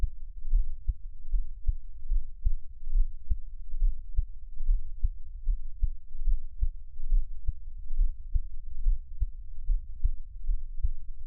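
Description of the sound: Soft, low thumps repeat in a steady rhythm at about 73 beats a minute over a faint low hum, with no talking. This is an adult's own heartbeat, heard close-up as Taiwanese ASMR, meant for listening on headphones.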